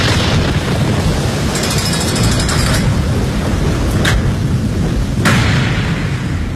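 Thunder rolls in a heavy, continuous low rumble, broken by a couple of sharp, bright cracks partway through. No one speaks.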